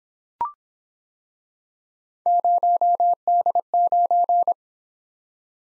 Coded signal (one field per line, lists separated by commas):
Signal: Morse code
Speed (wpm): 26 wpm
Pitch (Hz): 700 Hz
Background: none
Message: 0D9